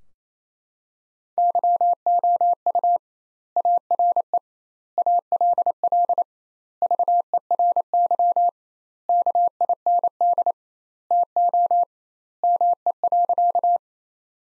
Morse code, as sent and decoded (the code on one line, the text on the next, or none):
-.-- --- ..- / .- .-. . / .- .-.. .-.. / ...- . .-. -.-- / -.- .. -. -.. / - --- / -- . .-.-.-
YOU ARE ALL VERY KIND TO ME.